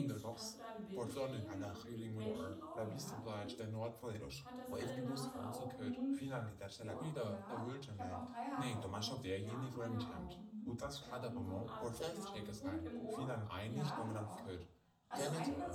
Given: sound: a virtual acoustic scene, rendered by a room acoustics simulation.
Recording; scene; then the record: noise of the scene; living room, asymmetric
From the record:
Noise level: 67 dB SPL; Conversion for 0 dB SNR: 5.4 dB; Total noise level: 72.4 dB SPL